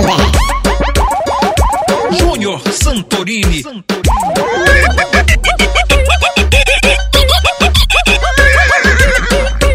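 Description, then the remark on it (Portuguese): Wavering, whinny-like horse neighs sound again and again, loud and shrill, over a dense, pounding musical backing that fills the whole stretch. “O cavalo chegou.”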